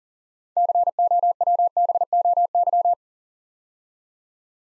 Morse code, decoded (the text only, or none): COWBOY